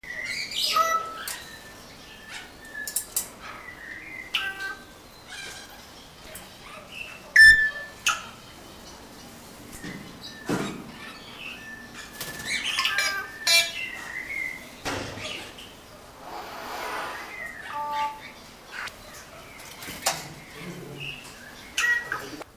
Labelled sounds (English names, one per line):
White-necked Myna call